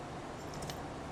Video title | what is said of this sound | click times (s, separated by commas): 1992 Yamaha Banshee Full Engine rebuild Chassis Assembly and Powder coat | Watch it snap right in. | 0.7 s